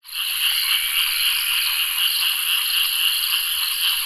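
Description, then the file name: Tropical frogs in a dense chorus of rapid pulses over constant high insect buzzing. Tropical frogs at a lake at night, with insects. "zapsplat nature lake night tropical frogs insects water flowing"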